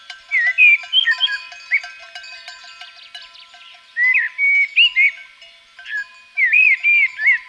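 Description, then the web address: Common blackbird giving three separate bursts of warbled fluty song, with high thin twittering between phrases and faint ringing tones behind. Recorded in Provence. "agykontroll - A természet hangjai - A provence-i feketerigó"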